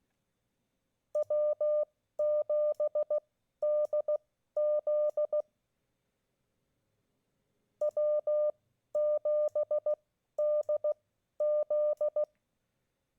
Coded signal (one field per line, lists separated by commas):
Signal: Morse code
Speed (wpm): 16 wpm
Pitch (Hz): 600 Hz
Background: none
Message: W7DZ W7DZ